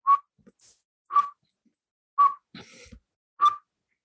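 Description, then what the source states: Townsend's Solitaire alarm call: a short, plain whistled note repeated four times, about once a second, with a brief rustle between the third and fourth notes. Solitary note is an alarm; heard about 150 yards to the north just after a coyote passed, western United States.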